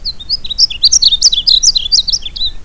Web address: Painted Bunting